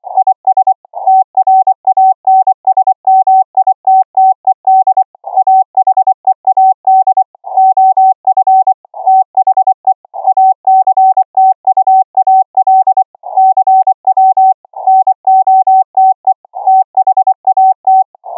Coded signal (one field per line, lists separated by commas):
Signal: Morse code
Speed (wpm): 24 wpm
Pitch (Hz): 760 Hz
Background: none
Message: IS TRANSMITTED AHEAD OF THE ACTUAL CW NOTE THAT